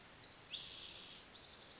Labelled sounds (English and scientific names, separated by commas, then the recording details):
Spotted Towhee (Pipilo maculatus)
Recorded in Sonoma County, California